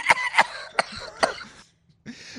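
Four sharp, harsh coughs in rapid succession, then a pause; the cough of an adult man with COVID, sounding like a heavy smoker's cough or an evil laugh.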